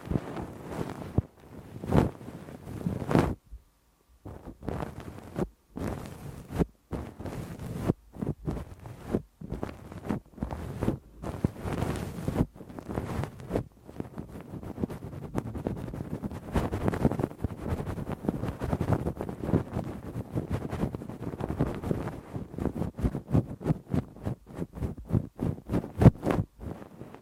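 Rough ear cleaning with a Q-tip and ear pick: dense, rapid scratching and rubbing bursts, choppy at first, then nearly continuous, with brief silences.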